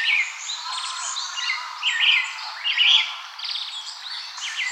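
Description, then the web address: Several birds chirp and twitter in irregular overlapping bursts, some notes buzzy and rapidly repeated, with constant hiss behind. Recording dated 140416. "birdenaga sirohara"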